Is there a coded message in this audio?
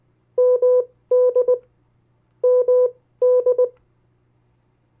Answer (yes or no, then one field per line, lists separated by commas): yes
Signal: Morse code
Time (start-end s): 0.4-3.7 s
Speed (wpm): 19 wpm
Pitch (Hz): 500 Hz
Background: none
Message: MD MD